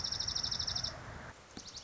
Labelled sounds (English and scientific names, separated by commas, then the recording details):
Dark-eyed Junco (Junco hyemalis)
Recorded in Sonoma County, California